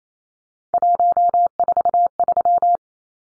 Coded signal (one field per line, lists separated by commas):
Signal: Morse code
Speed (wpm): 28 wpm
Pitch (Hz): 700 Hz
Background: none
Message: 143